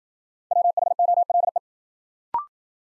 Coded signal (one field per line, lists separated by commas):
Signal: Morse code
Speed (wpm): 52 wpm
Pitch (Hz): 700 Hz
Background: none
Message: WHOLE